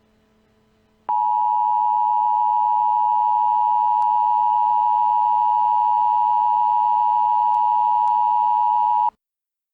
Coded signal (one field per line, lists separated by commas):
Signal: Emergency Alert System (SAME) tones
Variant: 853 and 960 Hz attention tone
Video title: Enjoy these Coronavirus Emergency Alerts